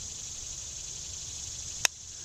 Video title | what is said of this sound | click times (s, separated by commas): Trap Sets & Modern Trapping Survival SHTF Preparedness Be READY | you can actually pull that pan down until it clicks. | 1.8 s